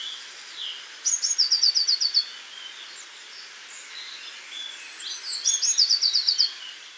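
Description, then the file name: Grey wagtail song: two phrases, each a sharp high note followed by a fast, evenly pulsed trill lasting about a second, with faint softer notes between. "PLISZKAGORSKA"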